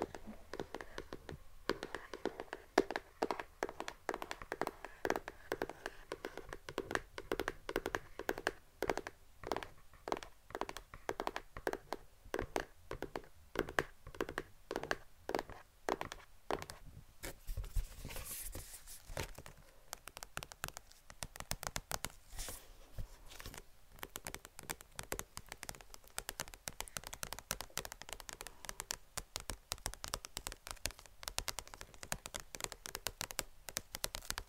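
Fingers tap rapidly and continuously in dense, uneven bursts, each tap short and crisp with a bright edge. Around the middle a soft hiss rises briefly before the quick tapping resumes, sounding slightly lighter and sharper toward the end.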